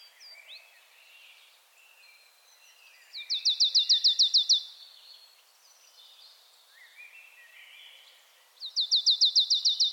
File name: Poecile palustris